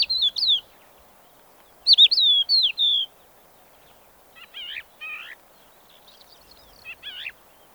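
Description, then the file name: Crested lark singing two fluty whistled phrases, then a series of short buzzy, rasping notes spaced irregularly; no other clear sounds. Subspecies magna, recorded in the Kyzylkum desert, Kazakhstan, on 10 April 2011. "crelark-magna-2-S-CON kz kyzylkum 2-tal"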